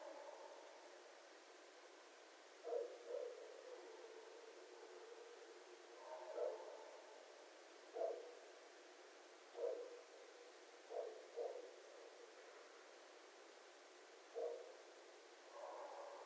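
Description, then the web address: Red fox barking: short, hoarse yaps repeated at irregular intervals over a quiet hiss. Recorded 11 January 2012. "Red Fox 2012 01 11 Red Fox long"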